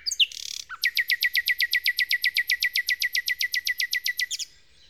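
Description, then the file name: Common nightingale song: a brief buzzy note, then a long steady series of many rapid, identical down-sweeping notes at a fast even pace. Nightingale song in Kent, 2008. "nightingale-song-recorded-in-kent-2008-by-phil-riddett"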